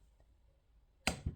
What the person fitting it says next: Heard it pop.